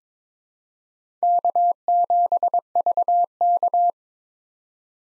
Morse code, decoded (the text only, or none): K7VK